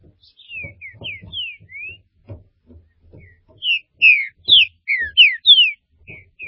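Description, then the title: Green-winged saltator giving a run of downslurred whistles, softer at first and then a louder, faster series of falling notes; faint low thumps in the background. "Trinca Ferro"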